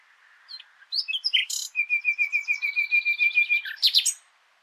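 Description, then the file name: Common nightingale song: a few varied chirps, then a long rapid run of repeated notes at steady pitch, ending in harsh, rasping notes. "Luscinia megarhynchos"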